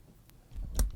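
A microphone cable plug is reseated into a microphone that kept cutting out because of a suspected faulty cable. A faint tick at 0.3 s and some low rumble of handling lead up to a sharp click at 0.8 s as the connector seats, followed by a small tick at 0.9 s.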